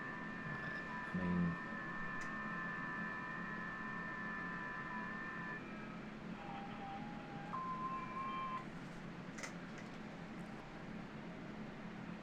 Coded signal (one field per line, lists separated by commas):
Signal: FT8